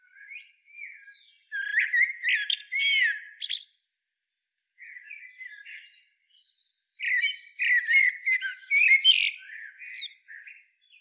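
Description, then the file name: Common blackbird singing scratchy, squeaky phrases mixed with fluty notes, a quieter warble in the middle, then a longer busy burst of high twittering. "Turdus merula"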